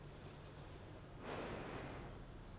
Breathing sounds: one breath in and out by a microphone near the nose and mouth; normal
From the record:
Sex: female

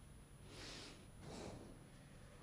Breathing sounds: one breath in and out by a microphone near the nose and mouth; normal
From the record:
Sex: male

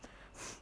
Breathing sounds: one breath in and out by a microphone near the nose and mouth; strong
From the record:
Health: marked as sick, illness not named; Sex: female

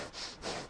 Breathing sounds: one breath in and out by a microphone near the nose and mouth; strong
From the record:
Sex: male

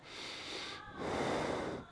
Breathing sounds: one breath in and out by a microphone near the nose and mouth; normal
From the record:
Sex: male

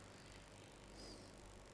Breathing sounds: one breath in and out by a microphone near the nose and mouth; normal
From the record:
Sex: male

